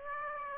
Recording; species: mosquito wingbeat signal from an infrared sensor; Aedes aegypti